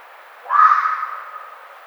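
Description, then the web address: Red fox giving a single rasping bark with a sudden start and slowly fading tail. 1 April 2009. "Red Fox 2009 04 01"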